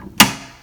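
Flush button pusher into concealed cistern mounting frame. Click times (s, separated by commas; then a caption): 0.2 s. A plastic flush button pusher is twisted as it reaches a concealed cistern mounting frame, giving one loud, sharp click at 0.2 s that rings briefly and fades. The pusher snaps home and is seated.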